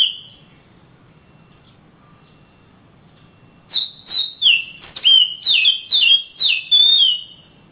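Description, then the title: Oriental magpie-robin: quiet opening, then a lively run of ringing whistles slurring downward, one after another. Kacer, described as a champion master singer from Kalimantan and Sumatra, singing energetically (gacor). "Kicau Kacer Juara Master Kalimantan Sumatra Gacor"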